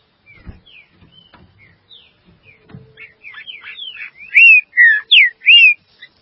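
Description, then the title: Green-winged saltator song: soft scattered notes and a few knocks, then loud slurred whistles rising and falling in quick succession over the final two seconds. "Trinca Ferro"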